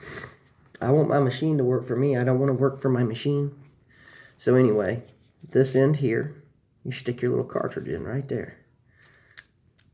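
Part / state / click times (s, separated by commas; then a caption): needle cartridge into rotary tattoo pen grip / not seated / none. Someone talks throughout while holding a plastic needle cartridge up to the front grip of a Dragonhawk Atom J2 rotary tattoo pen, ready to push it in and twist it to lock. A couple of faint, brief ticks come near the end, but the cartridge has not yet seated or clicked into the pen.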